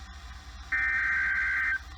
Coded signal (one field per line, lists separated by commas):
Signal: Emergency Alert System (SAME) tones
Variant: header bursts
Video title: It Ain't Over Yet...EAS Alerts from July 23 & 24, 2020 (EAS #235-248)